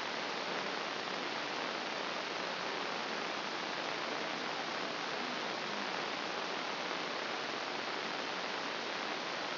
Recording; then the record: brain microelectrode recording played as sound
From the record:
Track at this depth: outside the subthalamic nucleus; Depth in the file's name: 0.545 mm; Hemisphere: left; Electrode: 3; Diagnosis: Parkinson's disease